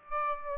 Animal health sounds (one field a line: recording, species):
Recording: mosquito wingbeat signal from an infrared sensor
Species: Aedes aegypti